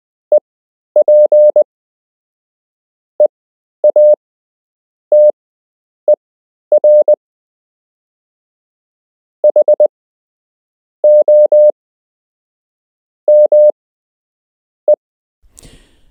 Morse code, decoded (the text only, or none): EPEATER HOME